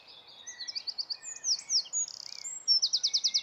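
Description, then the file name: Eurasian wren song: quick high notes building to sharp slurred phrases, a brief buzz, then a rapid pulsing trill. "Troglodytes troglodytes"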